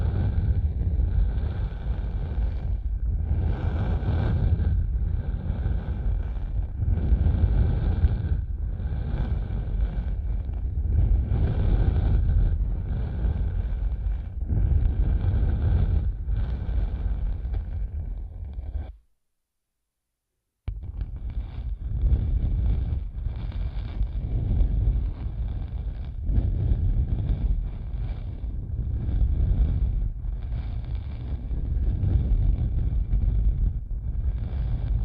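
Muffled massage-style rubbing on a headphone mic, deep dull strokes pulsing about once a second, with a brief full silence near nineteen seconds.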